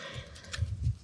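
A spring-loaded part is handled at its mount on an abandoned B414 tractor during cooling-system work, with both ends being pushed into the mount. Low rumbling handling noise is broken by a brief sharp tick around 0.5 s and another sharp sound right at the end. Nothing has seated or clicked into place yet.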